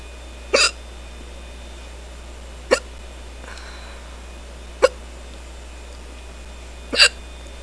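Four abrupt, sharp hic sounds from an adult come about every two seconds, roughly 28 a minute, with quiet in between and a faint steady background hum. This is a run of hiccups: brief involuntary spasms of the diaphragm, each cut off by sudden closure of the vocal cords.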